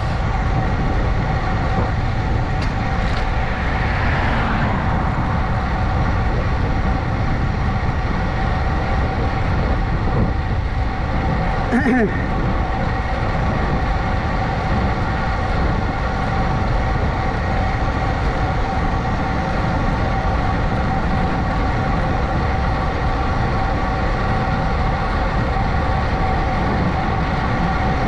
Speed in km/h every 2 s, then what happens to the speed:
29, 29, 29, 29, 29, 29, 29, 29, 29, 29, 31, 31, 32, 32.
0-28 steady at about 29.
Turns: none.